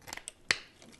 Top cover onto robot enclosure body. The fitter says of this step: put our top on now you'll hear that click into place and